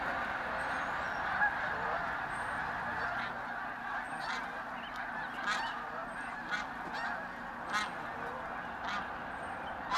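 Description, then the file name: Snow goose: geese honking in a soft continuous chorus, with scattered louder yelps standing out. Flock of snow geese taking off. "Sherk Scott Snow Geese take-off"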